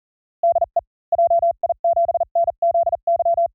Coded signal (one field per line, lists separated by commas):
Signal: Morse code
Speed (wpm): 38 wpm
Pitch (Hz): 680 Hz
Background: none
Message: DE JI7NZY